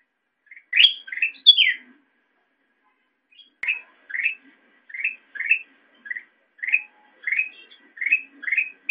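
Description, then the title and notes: Sooty-headed bulbul calls: a few sharp high notes, a pause, then a steady series of short chirps about twice a second. Recording meant as a master track for training songbirds. "suara burung kutilang buat masteran"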